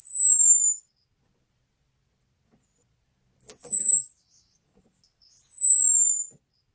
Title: Burung Anis Merah